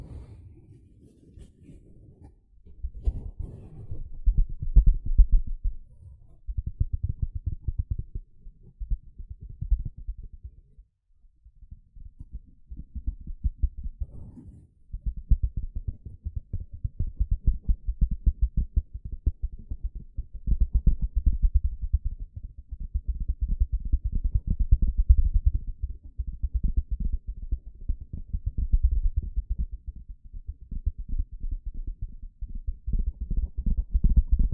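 A sponge being worked by hand, with dense, rapid scratching and squishing strokes that come in bursts of a few seconds each. The sound stays low and muffled. Brief pauses fall near the start and around 10 and 14 seconds.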